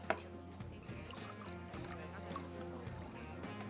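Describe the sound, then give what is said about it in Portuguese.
A sharp glassy clink opens, followed by a steady trickle of tequila being poured into glasses over a low, sustained tonal background. “Vai sim, porque as Amazonas podem ter o laço da verdade, mas eu tenho tequila.”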